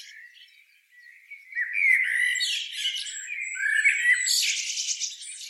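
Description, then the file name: Eurasian blackbird giving squeaky, chattering twitters that swell after a quiet start, with harsh buzzy notes and thin high whistles mixed through. "Turdus merula"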